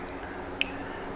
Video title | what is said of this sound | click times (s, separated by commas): Put Touring Saddlebags On Your Softail @Advanblack Color Matched Saddlebags | and push it until we hear it click | 0.6 s